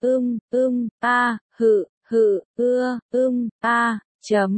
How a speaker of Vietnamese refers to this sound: Tiếng thở dốc của phụ nữ. Tiếng thở gấp của đàn ông. Cứ thế mà hòa trộn vào không khí.